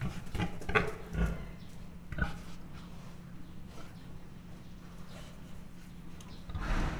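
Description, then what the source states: Mangalica pig grunting and snorting in short low bursts, uneven rough snuffles with a steady low hum underneath. Standard Mangalica pig, captive at a zoo in Miskolc, Hungary, recorded 2009, grunting and snorting.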